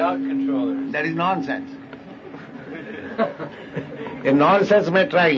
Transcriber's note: laughter